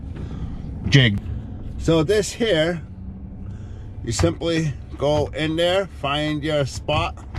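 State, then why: Not seated. A phone case's mount is being positioned over a twist-lock adhesive Quad Lock mount on a truck's dash while someone talks over a low steady background hum. Nothing has seated or clicked yet; the clip ends just before the mount locks into place.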